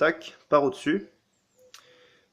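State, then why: Seated. A rigid comb busbar is pushed down from above onto a row of circuit breakers in a distribution panel. Someone talks, then a sharp snap at 1.7 s marks the busbar locking into the breaker terminals, and it is seated.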